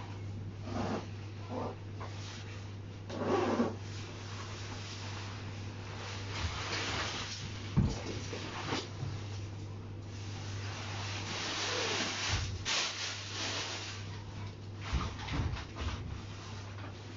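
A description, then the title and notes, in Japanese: Everyday household sounds: a steady low hum runs underneath the whole time while irregular rustling, shuffling and soft knocks come and go. A sharper knock lands near the eighth second, with busier stretches of movement around 3, 12 and 15 seconds. 生活音。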